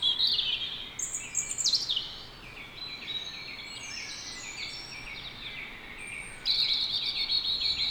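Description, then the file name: European robin song opening with a loud, high, sliding phrase, a quieter stretch of thin warbles, then a fresh bright tinkling phrase near the end. "Erithacus rubecula"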